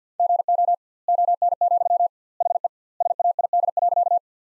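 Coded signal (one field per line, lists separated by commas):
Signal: Morse code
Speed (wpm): 50 wpm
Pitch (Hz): 700 Hz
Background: none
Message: GO ON, HE SAID.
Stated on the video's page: Morse practice sentences built from the top 100 words at 50 wpm with double word spacing, a Farnsworth-like method.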